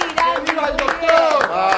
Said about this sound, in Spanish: Bueno, basta de aplaudirlo.